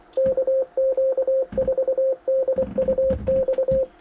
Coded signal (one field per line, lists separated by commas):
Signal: Morse code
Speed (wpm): 23 wpm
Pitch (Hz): 530 Hz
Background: radio noise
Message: KQ4DUX